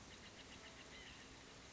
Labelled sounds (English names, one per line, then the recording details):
White-breasted Nuthatch
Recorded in Sonoma County, California